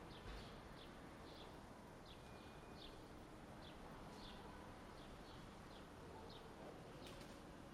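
Quick high bird chirps scattered through, with one brief thin whistle and a continuous low droning noise underneath.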